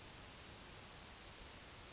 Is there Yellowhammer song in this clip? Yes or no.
no